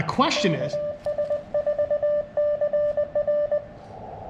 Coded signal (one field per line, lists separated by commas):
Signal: Morse code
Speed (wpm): 21 wpm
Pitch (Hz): 600 Hz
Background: speech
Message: KS4CR